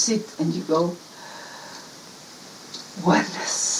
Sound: deep breath